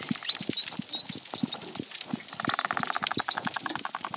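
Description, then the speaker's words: Bottlenose dolphins trading rising, upswept whistles, some overlapping, with clicks and buzzy pulsed sounds. Whistle exchange among three named dolphins, Kooks, Spirit and Guppy; each whistle identifies the caller, males whistling to keep alliances intact and bond at a distance. "That was a whistle exchange between three dolphins."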